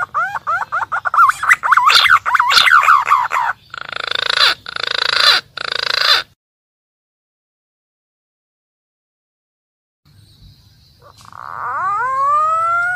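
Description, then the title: Green pigeon call: tail of a warbled run, three coarse buzzy bursts, silence, then a long whistle gliding upward. Lively, frequently calling bird, used as a lure to attract green pigeons in the wild. "BURUNG PUNAI GACOR UNTUK PIKAT DI ALAM"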